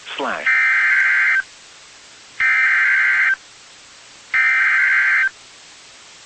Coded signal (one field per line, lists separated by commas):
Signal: Emergency Alert System (SAME) tones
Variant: header bursts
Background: speech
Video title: CALM BEFORE THE STORM... | EAS Alerts from June 9, 2020 (EAS #413-418)